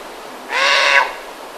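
Verreaux's sifaka call: one harsh, hoarse burst lasting about half a second, against a quiet background.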